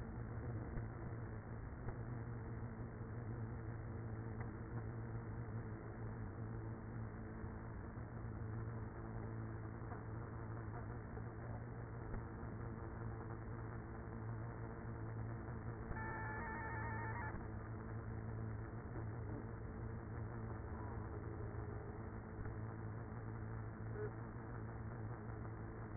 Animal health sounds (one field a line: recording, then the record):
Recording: honeybee colony, microphone inside the hive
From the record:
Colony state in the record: queenless with a low population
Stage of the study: after two queens were removed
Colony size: about 30,000 bees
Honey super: no